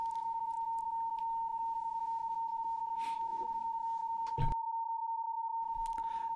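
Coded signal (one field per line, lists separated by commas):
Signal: PSK31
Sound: a continuous pure warbling-free tone near 950 Hz, with background room noise and brief bumps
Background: room noise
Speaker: we're now transmitting the message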